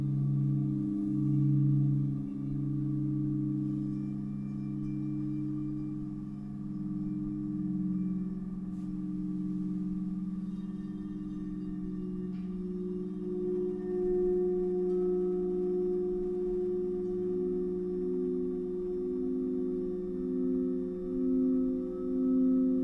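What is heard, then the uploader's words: A sound bath of singing bowls, with several low, pure tones ringing together and sustaining throughout. The layered hum swells and pulses gently as the overlapping tones beat against each other, with faint higher overtones shimmering above at a steady, moderate loudness. Crystal bowl. Sound Bath.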